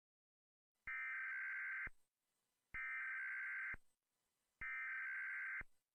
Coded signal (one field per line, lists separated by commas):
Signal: Emergency Alert System (SAME) tones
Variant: header bursts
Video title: Alex Ramirez Channel (EAS Test) (5/3/21)